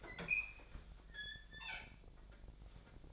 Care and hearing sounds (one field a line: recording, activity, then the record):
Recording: daily activity, microphone in the room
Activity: open fridge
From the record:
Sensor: 5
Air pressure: 1009.8 hPa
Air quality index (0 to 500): 161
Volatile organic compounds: 4 ppm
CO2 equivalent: 1564 ppm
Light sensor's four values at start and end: 127/323/135/144 and 127/323/136/144